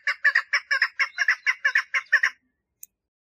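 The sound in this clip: Partridge song as a short burst of doubled, scratchy notes repeated quickly for two seconds, then stopping with a single faint click.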